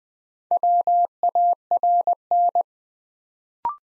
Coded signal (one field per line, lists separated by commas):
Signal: Morse code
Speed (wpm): 20 wpm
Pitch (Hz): 700 Hz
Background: none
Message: WARN